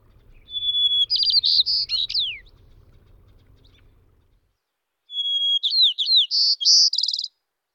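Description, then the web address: White-crowned sparrow giving two songs a few seconds apart. Each opens on a clear whistle, then runs into slurred and buzzy notes, with a low rumble under the first. Common western North American species. "Know Your Bird Sounds Common Western Species. White-crowned Sparrow"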